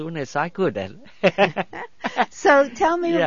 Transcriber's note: he laughs